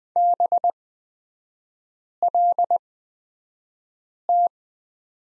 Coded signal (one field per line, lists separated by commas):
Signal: Morse code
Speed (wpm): 20 wpm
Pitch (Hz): 700 Hz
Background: none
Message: BLT